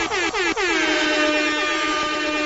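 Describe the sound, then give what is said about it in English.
A blaring Jamaican air horn sound effect: three quick stuttering blasts followed by one long sustained honk, loud and brassy with no voices over it. “this is another one of these Stugatz situations that will allow us to play the Jamaican air horns”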